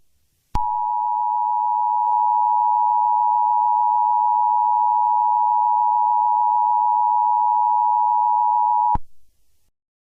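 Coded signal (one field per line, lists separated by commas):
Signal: Emergency Alert System (SAME) tones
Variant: 853 and 960 Hz attention tone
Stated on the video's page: Fictional EAS scenario about lava.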